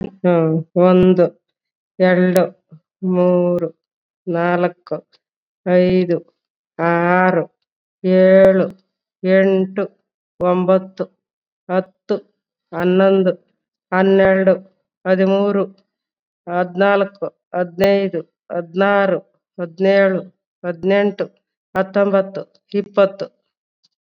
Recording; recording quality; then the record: counting at a normal pace; excellent, no background noise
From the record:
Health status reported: COVID-19 positive, mild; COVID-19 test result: positive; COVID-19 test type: RT-PCR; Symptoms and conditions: cough, fever, fatigue, muscle pain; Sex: female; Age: 55 years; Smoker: no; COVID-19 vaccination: both doses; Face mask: not worn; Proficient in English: yes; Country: India